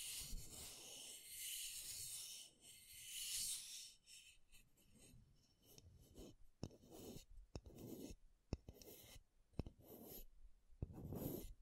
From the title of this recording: MAKEUP TAPPING & SCRATCHING